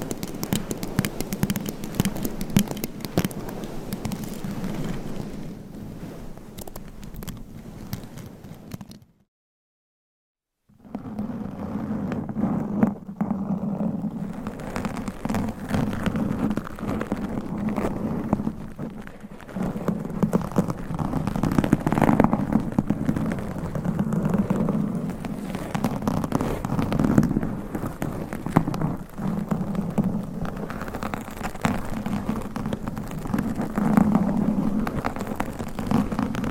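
Dense, layered mic scratching fills the recording, a constant rough rustle with a low rumbling hum underneath and frequent small crackling clicks. Around nine seconds it cuts to silence for about two seconds, then resumes slightly louder and busier through the end.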